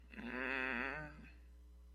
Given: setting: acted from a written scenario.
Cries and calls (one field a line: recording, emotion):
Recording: vocal sound without words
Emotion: shame